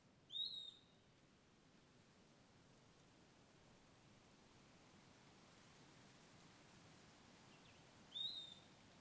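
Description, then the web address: Bird giving two clear high whistles several seconds apart over a steady background hiss. Lone bird by a riverbank in dense forest, afternoon; page names Cavalcante. "Passaro isolado beira do rio mata fechada mosca tarde. local cavalcante"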